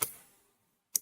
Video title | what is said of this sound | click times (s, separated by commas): 🔴🔴 How To Build A Mining Rig 2023 [Step By Step] ✅✅ | should snap into place like that | 0.0 s, 1.0 s